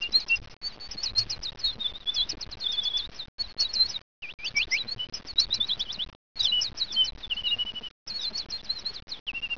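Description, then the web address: Birds calling: dense, quick chirps and short twittering notes, some rising or falling sharply, pouring out almost without pause and broken by brief silent gaps. "特酷声音素材库 动物 鸟 Bird"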